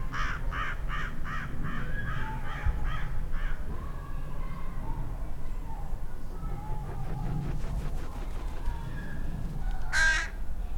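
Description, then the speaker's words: American crow rasping calls, about nine given rapidly in a run, then quiet, then one loud harsh call near the end, over low steady rumble. Begging call of a nearly grown juvenile; mixed conifer forest of Douglas fir, ponderosa, lodgepole and limber pine with open rocky areas and little underbrush. "That last noise appeared to be a begging call of a nearly grown juvenile American crow."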